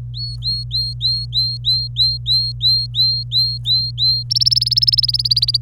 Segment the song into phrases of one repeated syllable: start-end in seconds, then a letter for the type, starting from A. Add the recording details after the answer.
0.14-4.23 A, 4.30-5.57 B. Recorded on 26 April 2018 at 09:36. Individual llb3